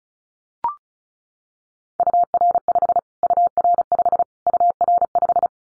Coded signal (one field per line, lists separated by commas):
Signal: Morse code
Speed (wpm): 34 wpm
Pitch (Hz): 700 Hz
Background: none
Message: UR5 UR5 UR5